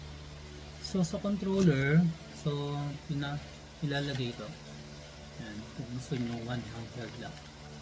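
A detachable controller is being handled and lined up to slide onto the side rail of a Nintendo Switch V2 handheld game console while someone talks over a steady low hum. Nothing has seated or clicked yet; the clip ends just before the controller goes home.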